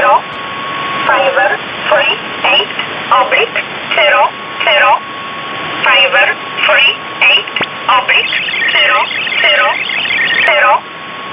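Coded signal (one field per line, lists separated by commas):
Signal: numbers station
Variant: E11 Oblique, English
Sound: a voice reads short, evenly spaced words over hiss, with chirpy hopping-tone interference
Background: radio static, data-mode interference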